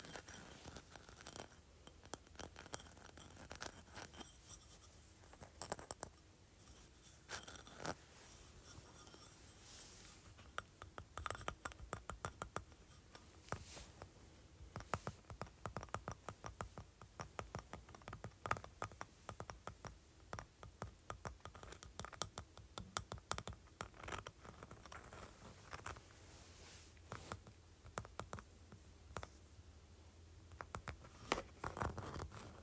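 A large textured sea shell is handled, producing dense, irregular bursts of sharp clicks, taps and scratchy scrapes that run through the whole recording, loudest around the middle. A faint low hum sits underneath, more noticeable near the start and end.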